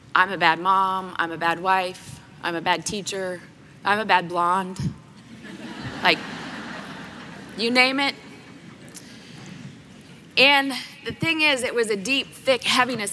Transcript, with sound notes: I'm a bad mom. I'm a bad wife. I'm a bad teacher. I'm a bad blonde. (laughter) You name it. And the thing is, it was a deep, thick heaviness.